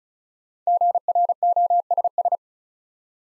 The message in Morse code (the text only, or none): GROSS